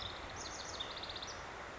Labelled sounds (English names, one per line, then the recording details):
House Wren
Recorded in Sonoma County, California